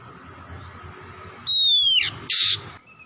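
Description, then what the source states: Oriental magpie-robin giving one long, clear whistle that slides downward, followed by a short harsh raspy burst. Tretes kacer singing vigorously, described as gacor.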